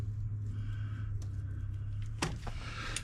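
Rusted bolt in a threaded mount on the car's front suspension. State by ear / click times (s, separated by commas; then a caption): stripped / none. A power tool runs a rusted bolt down into a threaded mount on the front suspension of a Jetta MK6, over a steady low hum with brief sharp noises near 2.2 and 3.0 seconds. The rotten threads strip out and the bolt stops tightening, and nothing has seated or clicked yet.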